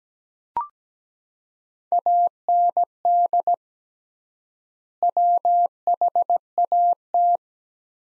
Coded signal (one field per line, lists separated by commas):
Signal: Morse code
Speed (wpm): 17 wpm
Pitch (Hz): 700 Hz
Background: none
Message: AND WHAT